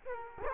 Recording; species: mosquito wingbeat signal from an infrared sensor; Culex quinquefasciatus